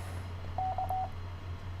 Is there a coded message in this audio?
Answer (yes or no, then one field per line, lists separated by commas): no